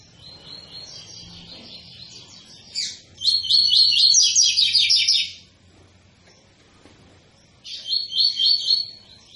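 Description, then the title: Double-collared seedeater singing a soft opening, then a loud, fast run of sharp, buzzy high notes, and a final shorter phrase after a pause. Tui-tui song type from a 'fibra' bird; teacher song (canto professor) used for teaching young birds. "COLEIRO TUI TUI FIBRA"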